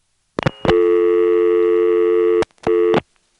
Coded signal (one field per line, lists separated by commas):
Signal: telephone call progress tone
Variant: North America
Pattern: dial tone